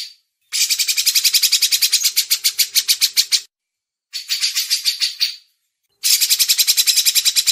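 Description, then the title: Grey-cheeked bulbul song: three bursts of rapid, rasping chattering notes separated by brief pauses. Masteran: training audio for songbirds. "MASTERAN CUCAK JENGGOT"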